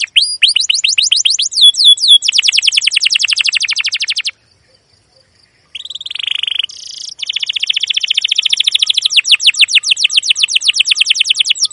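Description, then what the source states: Canary song: sweeping chirps and a fast buzzy roll, a short pause, a brief steady tone, then renewed rapid trilling. Long, continuous 'cuit cuit' trilling; used as a lure to train young canaries to sing.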